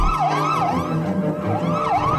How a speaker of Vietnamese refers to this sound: Một tháng sau, khi anh Bành đang trong phòng trực ban lái xe, thì một hồi còi hú lên thê thảm của xe cấp cứu làm anh bình tĩnh.